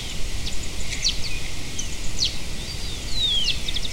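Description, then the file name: Bird chirps: a few short sharp notes and one thin descending whistle, spaced out over steady low background noise. "SABIOD 50 bird 2015"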